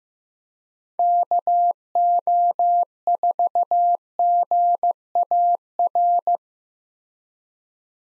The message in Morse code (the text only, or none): KO4GAR